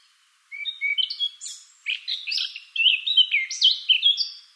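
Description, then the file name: Eurasian blackcap song, clear whistled notes opening into a lively fluty warble, in three phrases separated by short pauses. "Sylvia atricapilla"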